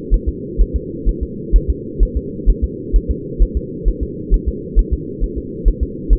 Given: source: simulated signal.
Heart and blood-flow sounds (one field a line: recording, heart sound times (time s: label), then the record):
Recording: fetal heart sounds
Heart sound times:
0.14 s: S1
0.29 s: S2
0.61 s: S1
0.76 s: S2
1.09 s: S1
1.23 s: S2
1.56 s: S1
1.70 s: S2
2.03 s: S1
2.17 s: S2
2.50 s: S1
2.64 s: S2
2.96 s: S1
3.11 s: S2
3.42 s: S1
3.57 s: S2
3.88 s: S1
4.03 s: S2
4.34 s: S1
4.48 s: S2
4.79 s: S1
4.94 s: S2
5.24 s: S1
5.38 s: S2
5.68 s: S1
5.83 s: S2
6.13 s: S1
From the record:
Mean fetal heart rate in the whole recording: 130 bpm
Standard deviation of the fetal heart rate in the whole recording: 2 bpm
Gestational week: 36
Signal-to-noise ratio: -4.1 dB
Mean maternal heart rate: no maternal heart sound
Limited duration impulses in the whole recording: absent